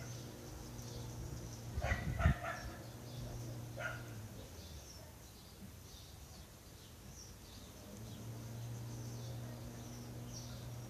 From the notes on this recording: City sounds and all around recording from my garden